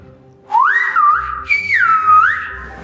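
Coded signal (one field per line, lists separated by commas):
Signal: whistled language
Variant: Silbo Gomero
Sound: a clear gliding whistle rising and falling in two connected phrases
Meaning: Good morning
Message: Buenos días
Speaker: So if you say buenos días in Spanish, it's going to sound like this in Silbo. Buenos días.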